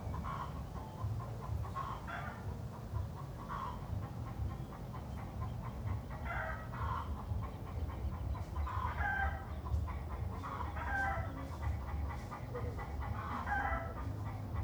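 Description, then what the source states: Chickens clucking in short harmonic bursts, repeated irregularly about every couple of seconds, over a steady low rumble of background noise. Chickens clucking in a city setting.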